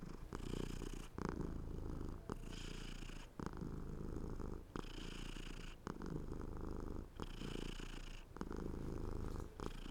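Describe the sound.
Domestic cat purring, a steady low rumble in long phrases broken by brief pauses for breath every second or two.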